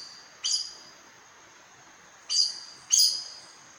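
Aracari: three sharp, high, squeaky call notes, the last two close together, each trailing off briefly against a steady hiss.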